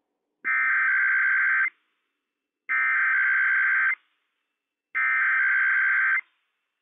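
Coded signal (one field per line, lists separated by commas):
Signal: Emergency Alert System (SAME) tones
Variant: header bursts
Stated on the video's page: Required Weekly Test on NOAA weather radio station WWF56, issued by civil authorities for all of CA, NV, OR and WA.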